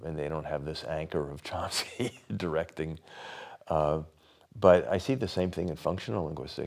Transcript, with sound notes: and they don’t have this anchor of Chomsky [laughs] But I see the same thing in functional linguistics.